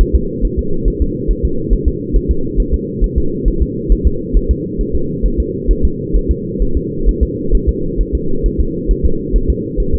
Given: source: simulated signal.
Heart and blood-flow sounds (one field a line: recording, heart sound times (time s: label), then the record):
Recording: fetal heart sounds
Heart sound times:
0.01 s: S1
0.16 s: S2
0.45 s: S1
0.59 s: S2
0.88 s: S1
1.02 s: S2
1.31 s: S1
1.45 s: S2
1.73 s: S1
1.88 s: S2
2.16 s: S1
2.31 s: S2
2.60 s: S1
2.74 s: S2
3.04 s: S1
3.18 s: S2
3.48 s: S1
3.62 s: S2
3.92 s: S1
4.07 s: S2
4.37 s: S1
4.51 s: S2
4.81 s: S1
4.95 s: S2
5.26 s: S1
5.40 s: S2
5.71 s: S1
5.85 s: S2
6.16 s: S1
6.31 s: S2
6.62 s: S1
6.77 s: S2
7.09 s: S1
7.23 s: S2
7.55 s: S1
7.69 s: S2
8.01 s: S1
8.15 s: S2
8.46 s: S1
8.61 s: S2
8.91 s: S1
9.06 s: S2
9.36 s: S1
9.50 s: S2
9.80 s: S1
9.94 s: S2
From the record:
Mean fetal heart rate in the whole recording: 135 bpm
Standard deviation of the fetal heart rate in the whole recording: 3 bpm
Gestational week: 36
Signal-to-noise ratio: -8.1 dB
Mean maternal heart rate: 72 bpm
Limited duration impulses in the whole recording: present